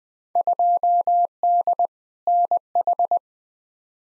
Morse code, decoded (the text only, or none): 2D NH